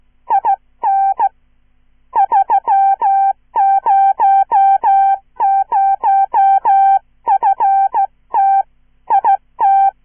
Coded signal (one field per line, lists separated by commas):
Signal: Morse code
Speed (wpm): 15 wpm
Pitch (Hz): 790 Hz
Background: none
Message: IN 300FT IT